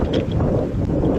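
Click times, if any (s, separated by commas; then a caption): none. An EV charging cable is taken off its station holder and the vehicle's charge door is opened, with the connector only handled and moved toward the charge port before being pushed home. A steady, low, rumbling broadband noise fills the clip, with a brief faint tap near 0.3 s. Nothing has seated or clicked yet.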